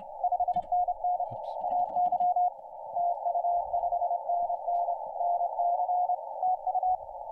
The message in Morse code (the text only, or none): 5NN AY TU 5NN NC TU